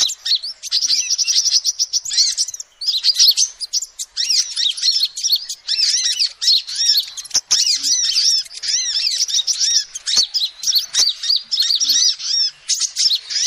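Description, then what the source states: Lovebird chatter, a long stream of high, squeaky twitters and shrill chirps with barely any pause, plus scattered clicks. Calls used as a lure (pikat) to trap birds.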